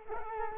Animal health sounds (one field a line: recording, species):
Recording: mosquito wingbeat signal from an infrared sensor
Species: Culex quinquefasciatus